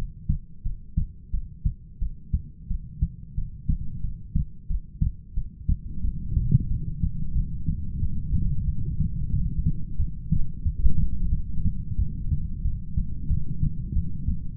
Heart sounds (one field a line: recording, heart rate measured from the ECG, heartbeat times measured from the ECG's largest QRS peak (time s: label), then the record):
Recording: heart sounds by stethoscope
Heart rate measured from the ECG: 90 bpm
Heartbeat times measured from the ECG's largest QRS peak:
0.64 s: heartbeat
1.32 s: heartbeat
2.00 s: heartbeat
2.69 s: heartbeat
3.36 s: heartbeat
4.02 s: heartbeat
4.68 s: heartbeat
5.35 s: heartbeat
6.03 s: heartbeat
6.69 s: heartbeat
7.34 s: heartbeat
8.00 s: heartbeat
8.66 s: heartbeat
9.32 s: heartbeat
9.98 s: heartbeat
10.64 s: heartbeat
11.31 s: heartbeat
11.97 s: heartbeat
12.64 s: heartbeat
13.29 s: heartbeat
13.95 s: heartbeat
From the record:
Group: heart failure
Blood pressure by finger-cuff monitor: 95/60 mmHg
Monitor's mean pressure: 74 mmHg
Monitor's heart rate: 89 bpm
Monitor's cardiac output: 7.6 L/min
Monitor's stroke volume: 85 mL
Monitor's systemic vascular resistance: 680 dyn s/cm5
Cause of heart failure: ischemic heart disease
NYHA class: 1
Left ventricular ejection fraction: 38%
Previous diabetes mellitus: present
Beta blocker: bisoprolol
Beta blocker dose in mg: 15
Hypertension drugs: sacubitril-valsartan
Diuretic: furosemide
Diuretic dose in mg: 20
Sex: male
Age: 33 years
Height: 172 cm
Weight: 78.5 kg